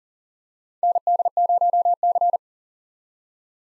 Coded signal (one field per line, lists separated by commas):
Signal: Morse code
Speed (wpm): 40 wpm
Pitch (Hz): 700 Hz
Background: none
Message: ND0C